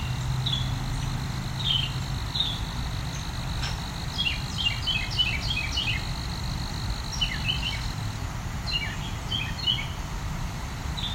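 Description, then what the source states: Carolina wren singing bursts of varied whistled and chattering phrases over a steady low rumble and faint insect hiss. Wren seems to be practicing many calls and songs in a continuous chain, a barrage of songs and calls.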